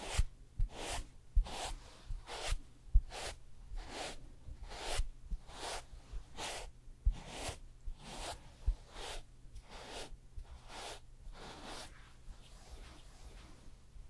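Hair and makeup styling with quick, regular brushing strokes about twice a second, fading after twelve seconds, over a steady low hum.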